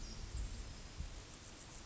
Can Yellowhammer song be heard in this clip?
no